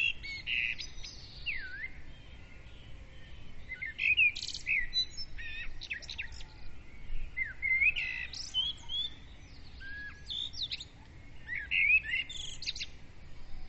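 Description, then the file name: Birds in a lively chorus of overlapping whistles, trills and sharp chirps, phrases coming in steady waves throughout. Several birds singing at dawn; recorded with a Zoom recorder. "Madarak hajnali dicsérete"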